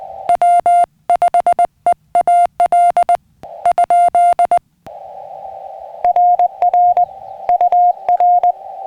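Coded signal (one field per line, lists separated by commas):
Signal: Morse code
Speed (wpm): 19 wpm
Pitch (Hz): 700 Hz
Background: music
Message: W5EAL ? RR UR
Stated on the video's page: CW during a Summits on the Air activation on a backpacking trip.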